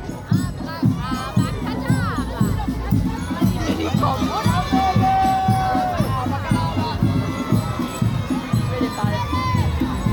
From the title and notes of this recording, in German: Kinderkarnevalszug! Alaaf!